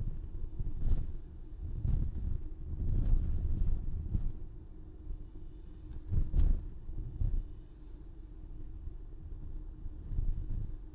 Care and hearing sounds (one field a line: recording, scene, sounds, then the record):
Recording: everyday scene through a hearing-aid microphone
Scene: in a vehicle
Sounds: engine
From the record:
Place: VW T5 Caravelle, diesel engine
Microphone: in the ear canal, left